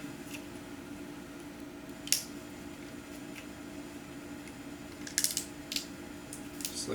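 Plastic guard rail pieces for a Blitzway Ghostbusters 1/6 scale figure 4-pack display are pushed into their base and snap into place. Sharp plastic clicks sound at 2.1 s and 5.2 s, followed by a few softer ticks before 7 s. The pieces are seated.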